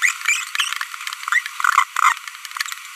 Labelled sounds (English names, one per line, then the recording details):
Green-rumped Parrotlet babbling
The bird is a female
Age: 25 days
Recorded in a nest box in Venezuela
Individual 17B42B1